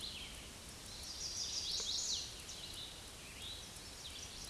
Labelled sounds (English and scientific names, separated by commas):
Chestnut-sided Warbler (Setophaga pensylvanica) song